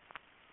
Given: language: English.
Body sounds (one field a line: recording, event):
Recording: throat vibration sensor signal played as sound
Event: swallow